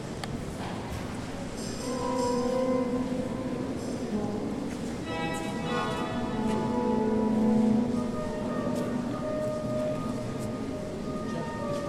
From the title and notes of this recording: General atmosphere recorded in the Notre Dame in Paris. The organist is apparently practicing but even that makes a nice atmosphere.